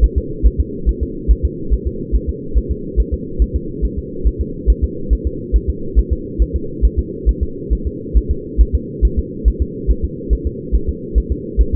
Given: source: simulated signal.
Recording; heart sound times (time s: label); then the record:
fetal heart sounds
0.04 s: S1
0.18 s: S2
0.47 s: S1
0.60 s: S2
0.89 s: S1
1.03 s: S2
1.31 s: S1
1.45 s: S2
1.73 s: S1
1.87 s: S2
2.15 s: S1
2.29 s: S2
2.58 s: S1
2.71 s: S2
3.00 s: S1
3.14 s: S2
3.42 s: S1
3.56 s: S2
3.85 s: S1
3.99 s: S2
4.27 s: S1
4.41 s: S2
4.70 s: S1
4.84 s: S2
5.13 s: S1
5.27 s: S2
5.56 s: S1
5.70 s: S2
5.99 s: S1
6.13 s: S2
6.42 s: S1
6.56 s: S2
6.85 s: S1
6.99 s: S2
7.29 s: S1
7.43 s: S2
7.73 s: S1
7.87 s: S2
8.17 s: S1
8.31 s: S2
8.61 s: S1
8.75 s: S2
9.05 s: S1
9.19 s: S2
9.48 s: S1
9.62 s: S2
9.91 s: S1
10.04 s: S2
10.33 s: S1
10.47 s: S2
10.75 s: S1
10.89 s: S2
11.18 s: S1
11.32 s: S2
11.61 s: S1
11.75 s: S2
From the record:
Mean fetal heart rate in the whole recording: 140 bpm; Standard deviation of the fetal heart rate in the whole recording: 2 bpm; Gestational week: 34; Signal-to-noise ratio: -4.3 dB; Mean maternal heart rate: 72 bpm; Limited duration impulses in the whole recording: present